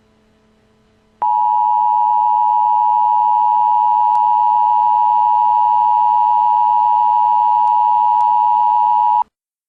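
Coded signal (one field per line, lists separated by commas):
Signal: Emergency Alert System (SAME) tones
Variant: 853 and 960 Hz attention tone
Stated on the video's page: EAS mockup recreating an alert for a fictional tornado-stricken town from a 1996 film.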